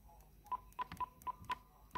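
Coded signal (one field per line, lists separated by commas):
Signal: none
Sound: radio menu key beeps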